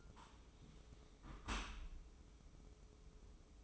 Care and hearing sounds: daily activity, microphone in the room; close dishwasher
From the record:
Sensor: 1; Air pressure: 995.9 hPa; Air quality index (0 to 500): 63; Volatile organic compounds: 2 ppm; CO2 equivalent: 1275 ppm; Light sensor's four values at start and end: 32/111/43/45 and 32/111/43/45

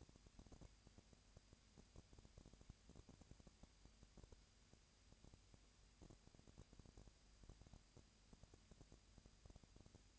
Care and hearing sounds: daily activity, microphone in the room; no activity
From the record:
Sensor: 2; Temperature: 20.3 degrees Celsius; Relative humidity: 37.0%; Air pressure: 998.7 hPa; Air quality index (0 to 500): 236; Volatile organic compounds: 38 ppm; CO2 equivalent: 3116 ppm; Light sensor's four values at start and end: 2/3/2/2 and 2/3/2/2

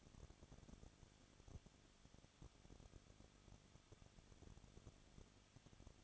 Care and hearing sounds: daily activity, microphone in the room; no activity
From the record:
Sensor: 4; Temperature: 23.0 degrees Celsius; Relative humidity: 34.2%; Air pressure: 1007.2 hPa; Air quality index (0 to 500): 217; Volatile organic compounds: 15 ppm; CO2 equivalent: 2509 ppm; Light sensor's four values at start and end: 2/3/1/1 and 2/3/1/1

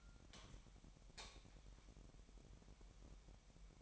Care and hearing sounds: daily activity, microphone in the room; light on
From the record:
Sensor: 1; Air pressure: 1012.0 hPa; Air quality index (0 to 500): 232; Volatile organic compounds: 6 ppm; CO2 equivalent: 1846 ppm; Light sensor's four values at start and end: 13/30/13/14 and 16/41/17/19

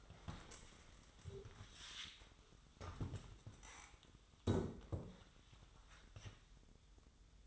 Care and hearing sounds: daily activity, microphone in the room; stand up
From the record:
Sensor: 3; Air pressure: 1005.0 hPa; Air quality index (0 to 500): 92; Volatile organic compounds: 3 ppm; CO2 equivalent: 1429 ppm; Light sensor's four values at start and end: 9/21/9/9 and 9/19/8/8

